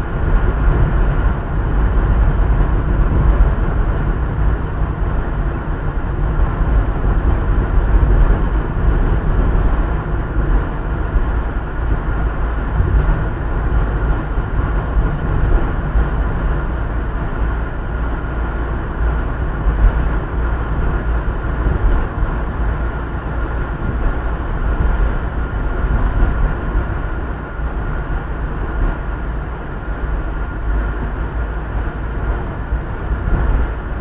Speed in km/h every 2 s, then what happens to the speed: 43, 41, 42, 42, 43, 43, 44, 45, 44, 45, 46, 48, 47, 46, 42, 42, 39.
0-25 steady at about 44. 25-34 slows to 39.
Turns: none.